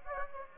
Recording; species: mosquito wingbeat signal from an infrared sensor; Anopheles gambiae